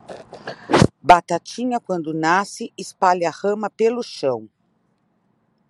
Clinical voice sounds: short text; Brazilian Portuguese; female; 50 to 59 years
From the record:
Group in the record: control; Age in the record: 52 years

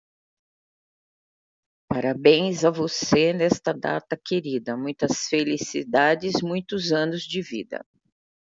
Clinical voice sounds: short text; Brazilian Portuguese; female; 70 to 79 years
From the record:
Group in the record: control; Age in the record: 70 years

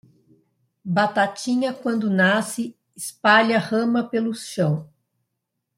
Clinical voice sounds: short text; Brazilian Portuguese; female; 50 to 59 years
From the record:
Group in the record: control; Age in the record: 52 years

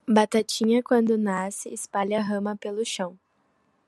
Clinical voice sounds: short text; Brazilian Portuguese; female; 20 to 29 years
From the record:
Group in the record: control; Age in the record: 20 years

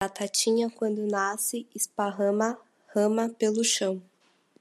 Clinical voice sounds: short text; Brazilian Portuguese; female; 30 to 39 years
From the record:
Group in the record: control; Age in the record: 36 years

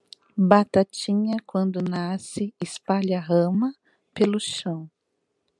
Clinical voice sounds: short text; Brazilian Portuguese; female; 50 to 59 years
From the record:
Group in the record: control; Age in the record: 53 years

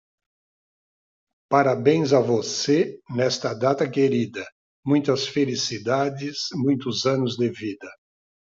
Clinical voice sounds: short text; Brazilian Portuguese; male; 60 to 69 years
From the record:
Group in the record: control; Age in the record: 66 years

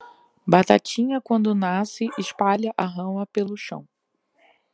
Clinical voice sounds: short text; Brazilian Portuguese; female; 40 to 49 years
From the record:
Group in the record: control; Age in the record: 42 years

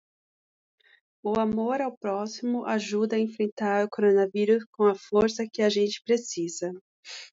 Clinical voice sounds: spoken sentence; Brazilian Portuguese; female; 40 to 49 years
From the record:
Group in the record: control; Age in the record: 40 years

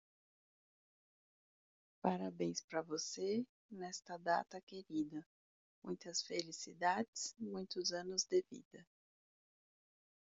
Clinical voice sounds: short text; Brazilian Portuguese; female; 30 to 39 years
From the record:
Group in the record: control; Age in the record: 35 years

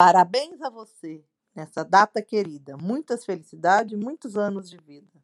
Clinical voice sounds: short text; Brazilian Portuguese; female; 40 to 49 years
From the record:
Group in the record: control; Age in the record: 49 years

